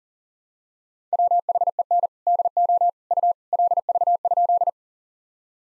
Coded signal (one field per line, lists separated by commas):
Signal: Morse code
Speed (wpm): 40 wpm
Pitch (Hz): 700 Hz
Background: none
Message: WHEN DO U LV?